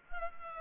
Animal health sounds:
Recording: mosquito wingbeat signal from an infrared sensor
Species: Culex pipiens

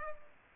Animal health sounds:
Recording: mosquito wingbeat signal from an infrared sensor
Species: Aedes aegypti

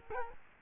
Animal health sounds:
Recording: mosquito wingbeat signal from an infrared sensor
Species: Culex quinquefasciatus

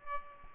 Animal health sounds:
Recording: mosquito wingbeat signal from an infrared sensor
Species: Aedes albopictus

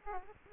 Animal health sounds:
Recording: mosquito wingbeat signal from an infrared sensor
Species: Aedes aegypti

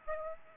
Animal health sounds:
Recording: mosquito wingbeat signal from an infrared sensor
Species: Aedes aegypti

